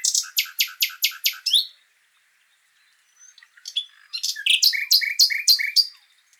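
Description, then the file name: Common nightingale song: a fast series of several loud, buzzy repeated notes, a short pause with soft notes, then another phrase of sharp, rhythmic repeated notes. "Luscinia megarhynchos"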